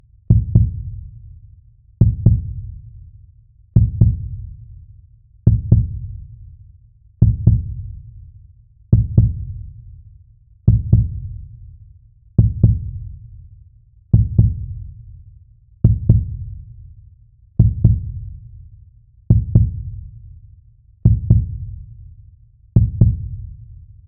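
Slow, steady lub-dub heartbeat sound effect, about 35 beats a minute, low and thumping with an even rhythm.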